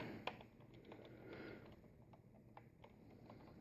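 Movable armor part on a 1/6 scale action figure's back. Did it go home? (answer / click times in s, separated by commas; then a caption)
yes / 0.3 s. A movable armor part on the back of a Hot Toys Iron Man Mark 38 Igor 1/6 scale action figure is lifted into its raised position. A sharp click at 0.3 s marks it locking in place, followed by a few faint, softer ticks. The part is confirmed locked in its raised position.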